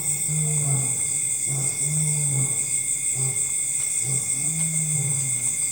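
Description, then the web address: Lion roaring in low, grunting moans and shorter grunts, repeated throughout over a steady, shrill insect chorus. Lions with insect chorus in forest at dusk, Africa. "Sound Effects Library (Africa- The Natural World) LIONS, Lions with insext chorus, in forest at dusk"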